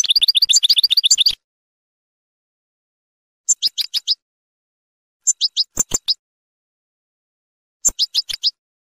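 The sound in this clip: Finch song opening with a fast run of bright chirps, then short series of four or five quick high notes repeated every couple of seconds.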